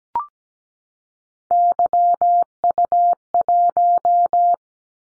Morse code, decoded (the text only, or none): YU1